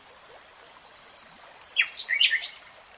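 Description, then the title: Nightingale: songbird phrase: a long, thin, high whistle held steady, followed by a burst of quick varied chirps and sweeping notes. Singing, in a 3-hour real-time recording. "[Tiếng chim hót] 3 Hours REALTIME Nightingale Singing"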